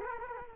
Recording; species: mosquito wingbeat signal from an infrared sensor; Culex quinquefasciatus